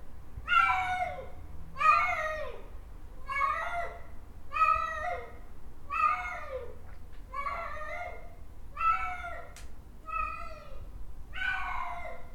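Domestic cat miaowing, nine drawn-out, falling mews in a row, roughly one every second and a half, over a low steady hum.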